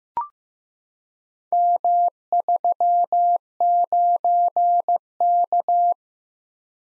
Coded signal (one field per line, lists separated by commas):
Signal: Morse code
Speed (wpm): 15 wpm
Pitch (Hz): 700 Hz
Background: none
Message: M39K